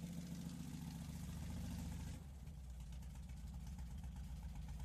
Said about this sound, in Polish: Ma 1200 pojemności z silnikiem garbusa. Jest to składak trochę Urala, trochę Emki, trochę Dniepra. No i jest to niesamowity motor. On ma ducha. I ciągnie, w terenie jest idealny.